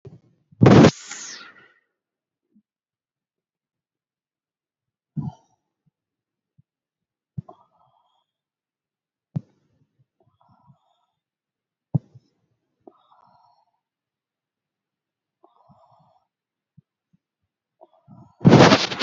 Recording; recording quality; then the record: deep breathing; excellent, no background noise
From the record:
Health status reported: COVID-19 positive, moderate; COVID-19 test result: positive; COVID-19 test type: RT-PCR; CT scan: not taken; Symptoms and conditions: cough, cold, breathing difficulty, fever, fatigue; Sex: female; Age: 57 years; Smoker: no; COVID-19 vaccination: one dose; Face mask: not worn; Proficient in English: yes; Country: India